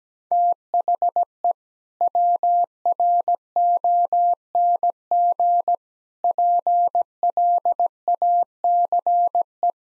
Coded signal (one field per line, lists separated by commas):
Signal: Morse code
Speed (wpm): 17 wpm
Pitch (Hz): 700 Hz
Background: none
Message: THE WRONG PLACE